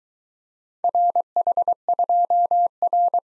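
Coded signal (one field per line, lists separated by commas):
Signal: Morse code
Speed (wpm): 22 wpm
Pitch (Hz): 700 Hz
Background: none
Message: RH2R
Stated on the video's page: Morse practice of four-character letter-number groups in a speed-racing format, starting fast and slowing to a 17 wpm base, final repeat at maximum speed.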